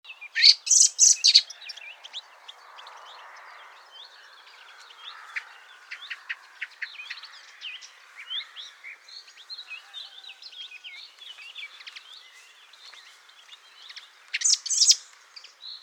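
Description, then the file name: Common blackbird calls as loud, high, harsh bursts near the start and again near the end, with many faint short chips scattered between them. "Turdus merula"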